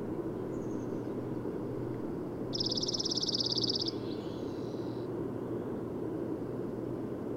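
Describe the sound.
Bird song: one quick high trill of even notes lasting just over a second, with faint thin notes around it and steady low rumble.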